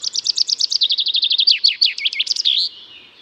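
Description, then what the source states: Common Chaffinch song: a fast run of bright repeated notes descending in pitch, ending in a few more varied closing notes, the whole lasting under three seconds. Song in two parts, a descending trill followed by a couple of closing notes called the flourish.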